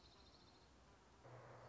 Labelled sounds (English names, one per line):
Orange-crowned Warbler